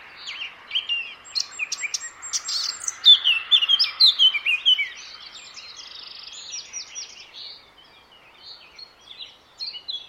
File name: Sylvia atricapilla